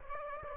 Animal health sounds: mosquito wingbeat signal from an infrared sensor; Aedes aegypti

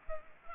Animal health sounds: mosquito wingbeat signal from an infrared sensor; Culex pipiens

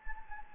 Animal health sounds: mosquito wingbeat signal from an infrared sensor; Anopheles gambiae

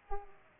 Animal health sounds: mosquito wingbeat signal from an infrared sensor; Culex pipiens

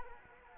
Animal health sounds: mosquito wingbeat signal from an infrared sensor; Anopheles arabiensis

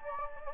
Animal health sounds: mosquito wingbeat signal from an infrared sensor; Anopheles gambiae

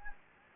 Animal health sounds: mosquito wingbeat signal from an infrared sensor; Anopheles gambiae

